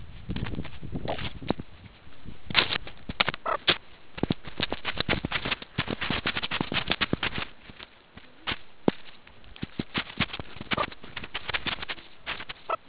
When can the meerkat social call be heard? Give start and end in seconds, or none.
none